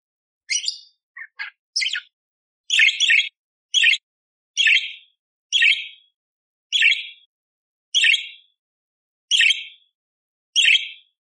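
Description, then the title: Budgerigar repeats a short harsh chirp at roughly regular intervals of about a second, several times, after a few scattered opening notes. Masteran training recording of a budgerigar chattering clearly with harsh 'tembakan' fill, intended for training kacer (magpie-robin). "Masteran Burung Parkit Gacor Jernih Full Isian Tembakan Kasar Cocok Buat Kacer"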